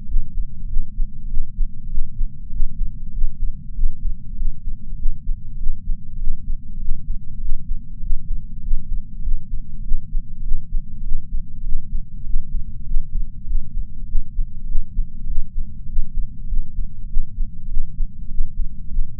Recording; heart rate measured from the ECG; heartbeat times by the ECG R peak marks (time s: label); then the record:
heart sounds by patch sensor on the chest; 99 bpm
0.06 s: heartbeat
0.69 s: heartbeat
1.30 s: heartbeat
1.91 s: heartbeat
2.46 s: heartbeat
3.08 s: heartbeat
3.69 s: heartbeat
4.36 s: heartbeat
4.97 s: heartbeat
5.58 s: heartbeat
6.18 s: heartbeat
6.76 s: heartbeat
7.32 s: heartbeat
8.00 s: heartbeat
8.61 s: heartbeat
9.22 s: heartbeat
9.83 s: heartbeat
10.43 s: heartbeat
10.94 s: heartbeat
11.63 s: heartbeat
12.24 s: heartbeat
12.84 s: heartbeat
13.39 s: heartbeat
14.06 s: heartbeat
14.66 s: heartbeat
15.28 s: heartbeat
15.86 s: heartbeat
16.47 s: heartbeat
17.08 s: heartbeat
17.68 s: heartbeat
18.28 s: heartbeat
18.93 s: heartbeat
From the record:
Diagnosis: coronary artery disease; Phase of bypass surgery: intraoperative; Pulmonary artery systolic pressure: 20 mmHg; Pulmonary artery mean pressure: 11 mmHg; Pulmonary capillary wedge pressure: 4 mmHg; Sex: male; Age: 69 years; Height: 174 cm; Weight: 79 kg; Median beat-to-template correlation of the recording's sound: 0.72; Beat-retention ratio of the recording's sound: 0.98